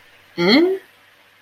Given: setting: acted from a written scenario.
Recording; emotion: vocal sound without words; confusion